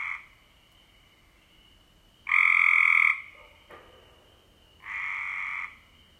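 Cope's gray treefrog producing rough, buzzy trills lasting under a second, one loud and one quieter, with a brief faint lower note between them.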